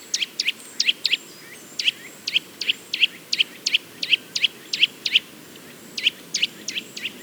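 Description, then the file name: Eurasian nuthatch calling with sharp, high notes, some paired, in an uneven series with a brief pause before the last few calls, over soft background hiss. "Sitta europaea"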